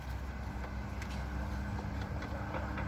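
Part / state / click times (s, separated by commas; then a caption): bulb socket in a tail light housing / not seated / none. A bulb socket is lined up with its hole in the passenger-side tail light housing of a 2015 Buick Encore during a brake light replacement. Only a steady low rumble with broadband hiss is heard, with no sharp sounds. Nothing has seated or clicked yet.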